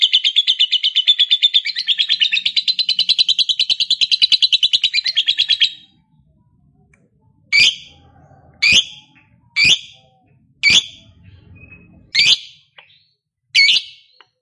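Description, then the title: Lovebird chattering song for about six seconds, then silence broken by six sharp single squeaky calls spaced roughly one to two seconds apart. Recording used to prompt a lazy lovebird into eager, spontaneous singing. "LOVEBIRD Malas Bunyi JADI GREGET SPONTAN Langsung NARIK"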